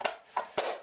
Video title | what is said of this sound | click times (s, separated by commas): This Sander costs less than a TANK OF GAS. Is it any good? | The side cover is just plastic or nylon, and that just snaps into place | 0.4 s, 0.6 s